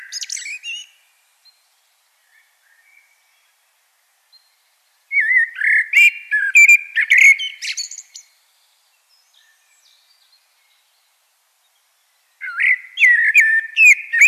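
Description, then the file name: Common blackbird song: mellow warbled whistled phrases with a high scratchy twittering ending, separated by quiet pauses. "Turdus merula"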